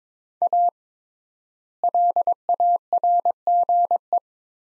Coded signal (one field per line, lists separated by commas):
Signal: Morse code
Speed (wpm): 22 wpm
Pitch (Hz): 700 Hz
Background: none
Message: A LARGE